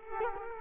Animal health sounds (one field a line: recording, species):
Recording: mosquito wingbeat signal from an infrared sensor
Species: Culex quinquefasciatus